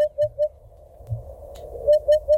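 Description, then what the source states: Eurasian hoopoe calling a soft, low hooting series, three even notes, a pause, then three more notes at the same steady pitch. Played on the radio; described as a welling, rolling sound.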